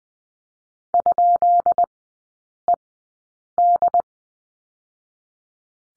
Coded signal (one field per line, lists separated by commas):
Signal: Morse code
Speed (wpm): 20 wpm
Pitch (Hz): 700 Hz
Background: none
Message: ?ED